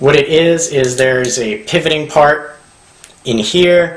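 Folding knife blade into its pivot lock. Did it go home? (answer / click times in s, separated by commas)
no / none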